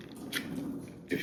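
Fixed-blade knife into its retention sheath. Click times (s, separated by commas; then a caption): 1.1 s. A fixed-blade mini tanto knife is pushed back into its retention sheath, with faint scraping and handling sounds as it slides in. At 1.1 s a sharp click is heard as the knife snaps into the sheath and locks in place.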